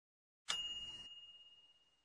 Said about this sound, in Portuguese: Esse é o som feito por um micro-ondas depois de terminar de esquentar ou preparar um prato. Sim, e a expressão para esse som é... Tim.